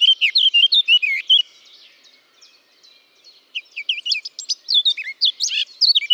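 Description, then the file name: Eurasian blackcap warbling in two lively phrases of quick, clear whistled notes with a short quiet gap between them. "Sylvia atricapilla"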